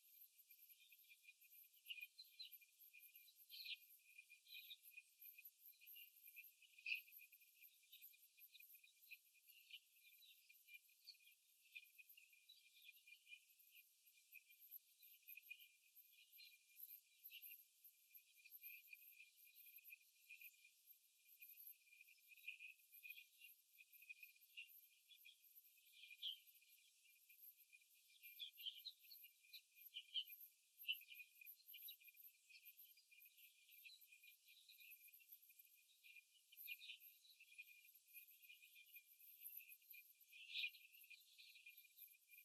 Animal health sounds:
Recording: young laying hens in a cage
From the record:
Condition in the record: after the stressor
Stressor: simulated dog barking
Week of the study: 3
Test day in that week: 2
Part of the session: 1

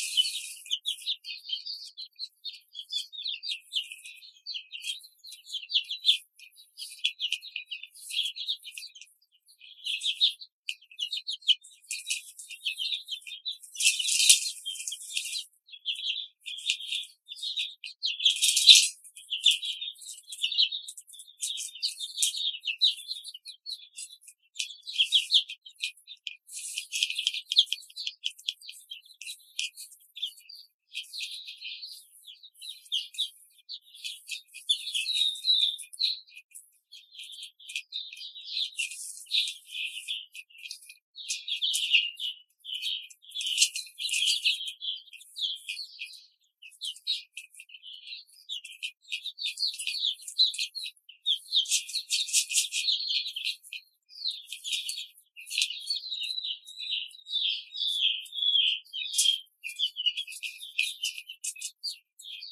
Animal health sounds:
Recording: young laying hens in a cage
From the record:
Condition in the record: control cage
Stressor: none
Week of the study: 5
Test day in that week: 1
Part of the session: 1

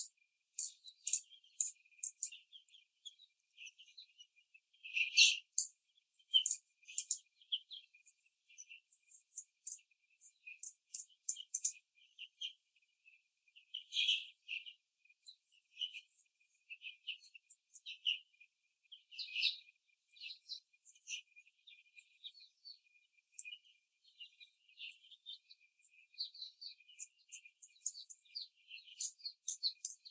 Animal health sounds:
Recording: young laying hens in a cage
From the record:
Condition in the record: after the stressor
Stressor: simulated dog barking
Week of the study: 3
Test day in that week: 1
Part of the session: 3

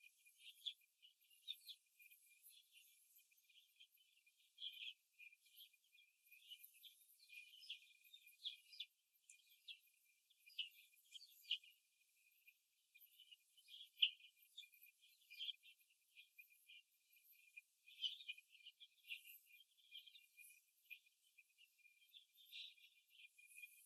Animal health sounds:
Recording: young laying hens in a cage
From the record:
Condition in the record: after the stressor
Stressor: simulated dog barking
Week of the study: 2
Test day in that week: 2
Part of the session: 1

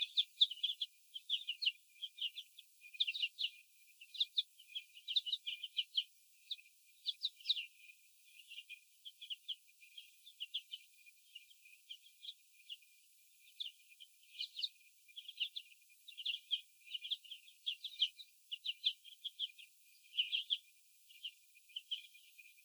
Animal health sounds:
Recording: young laying hens in a cage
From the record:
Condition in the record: after the stressor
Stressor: sudden umbrella opening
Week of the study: 2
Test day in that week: 1

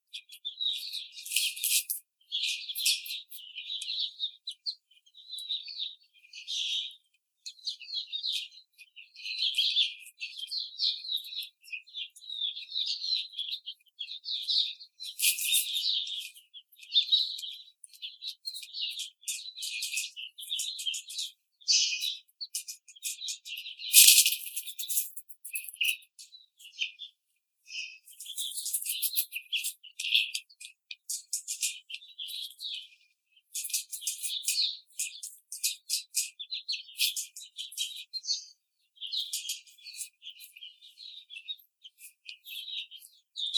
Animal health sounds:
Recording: young laying hens in a cage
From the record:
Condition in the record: treatment cage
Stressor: simulated dog barking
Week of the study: 5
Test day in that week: 1

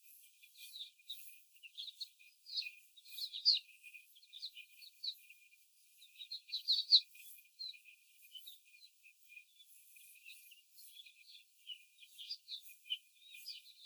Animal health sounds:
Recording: young laying hens in a cage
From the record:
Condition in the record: before the stressor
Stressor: simulated dog barking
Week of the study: 4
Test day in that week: 1

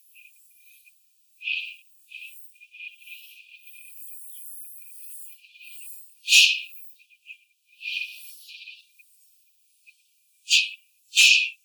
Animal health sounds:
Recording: young laying hens in a cage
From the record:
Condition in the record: before the stressor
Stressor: simulated dog barking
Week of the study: 4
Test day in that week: 2

